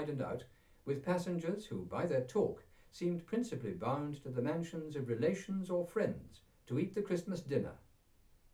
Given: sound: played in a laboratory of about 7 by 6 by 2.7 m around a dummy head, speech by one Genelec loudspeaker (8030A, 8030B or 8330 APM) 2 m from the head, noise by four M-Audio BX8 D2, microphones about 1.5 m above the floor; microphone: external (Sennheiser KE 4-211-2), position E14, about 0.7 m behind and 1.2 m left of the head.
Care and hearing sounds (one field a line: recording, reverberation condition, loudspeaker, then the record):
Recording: male speech in English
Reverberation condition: low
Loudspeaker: in front (0 degrees)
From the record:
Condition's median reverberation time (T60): about 310 ms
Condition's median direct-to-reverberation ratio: about 3.5 dB